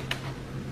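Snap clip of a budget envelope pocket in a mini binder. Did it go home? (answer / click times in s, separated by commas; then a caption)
no / none. The snap clip of a budget envelope pocket in a mini binder is being redone after it was clipped wrong. A brief, sharp tick stands out around 0.1 s over low, steady handling noise. The clip ends before the part goes home, so nothing has seated or clicked yet.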